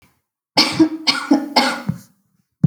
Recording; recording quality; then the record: heavy voluntary cough; excellent, no background noise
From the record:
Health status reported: healthy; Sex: female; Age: 38 years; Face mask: not worn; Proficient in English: yes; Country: India